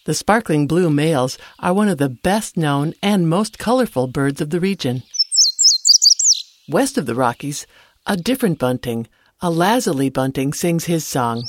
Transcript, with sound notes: The sparkling blue males, are one of the best known and most colorful birds of the region. [Indigo Bunting song] West of the Rockies, a different bunting, a Lazuli Bunting, sings his song.